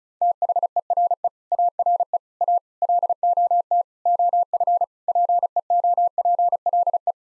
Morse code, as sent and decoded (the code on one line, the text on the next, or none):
- .... . .-. . / .- .-. . / .- / .-.. --- - / --- ..-. / .--. . --- .--. .-.. .
THERE ARE A LOT OF PEOPLE